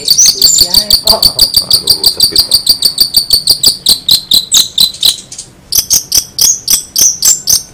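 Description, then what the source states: Long-tailed shrike song: a rapid, steady series of sharp high notes, pausing briefly, then resuming. Banyuwangi-type bird; full isian song, used to train birds.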